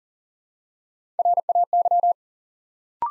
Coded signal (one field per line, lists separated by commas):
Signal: Morse code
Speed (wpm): 37 wpm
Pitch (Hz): 700 Hz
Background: none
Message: RAY